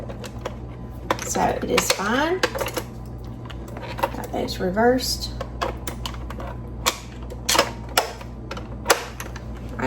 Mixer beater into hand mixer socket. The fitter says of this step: Get those locked into place.